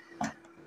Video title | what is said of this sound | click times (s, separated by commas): Portable Mini Fridge Unboxing and Review - Cheapest Refrigerator - Peltier Module Cooling Fridge | देखो फिर ऐसे खुला गया फिर मैसेज किया लॉक हो गया बहुत ही आसानी से लॉक हो जाता है तो | 0.2 s